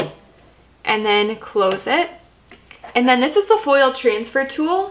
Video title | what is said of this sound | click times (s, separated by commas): How to Make a Card with the Cricut Foil Transfer Tool Tutorial | and you can place it in and then push down and listen for a click | 0.0 s